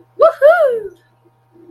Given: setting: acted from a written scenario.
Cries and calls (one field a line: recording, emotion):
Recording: vocal sound without words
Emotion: triumph